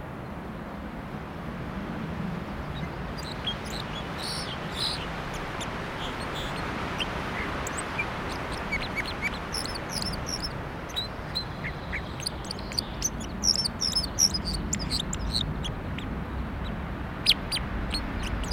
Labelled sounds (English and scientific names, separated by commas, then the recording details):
Red Crossbill (Loxia curvirostra) song
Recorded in the wild
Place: Staphel, Insel Rügen, Mecklenburg-Vorpommern, DE
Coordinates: 54.483, 13.567
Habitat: Forest
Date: 1975-05-31
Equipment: Nagra III BH, Sennheiser MD 21
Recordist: Schubert, Michael